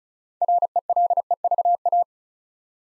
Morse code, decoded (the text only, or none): RELEVA